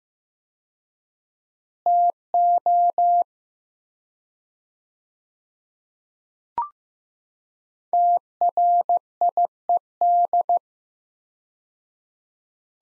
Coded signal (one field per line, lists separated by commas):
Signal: Morse code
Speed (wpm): 16 wpm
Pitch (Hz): 700 Hz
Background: none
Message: TO TRIED